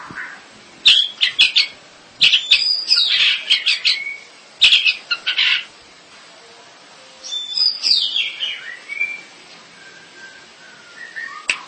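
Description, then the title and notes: Bird song: quick clusters of high chirps and squeaky notes, a pause, then a looser series of slurred whistles fading toward the end. "Bird Sound. Kicau Burung Lengkap"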